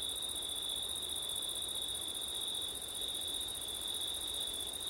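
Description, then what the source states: Steady cricket trilling, two high sustained layers of chirping that never pause, over a low rustle of wind. Crickets on a windy September night; labelled ortif.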